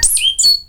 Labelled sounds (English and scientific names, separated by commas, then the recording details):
Stitchbird (Notiomystis cincta) song
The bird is a male
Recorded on Tiritiri Matangi Island, New Zealand, in 2005
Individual 22, of nest box 31